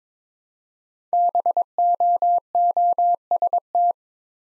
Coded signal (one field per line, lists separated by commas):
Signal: Morse code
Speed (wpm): 22 wpm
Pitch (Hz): 700 Hz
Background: none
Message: BOOST